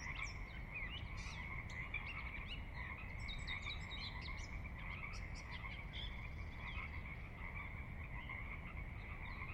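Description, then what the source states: Pacific Chorus Frogs in a dense, continuous chorus of overlapping croaks, with brighter scattered calls above and a steady low rumble of water beneath. Recorded at midnight on the valley floor of Sinlahekin Valley, Sinlahekin Wildlife Area, Washington, near the Cascades; distant water spillage in background; unprocessed raw recording.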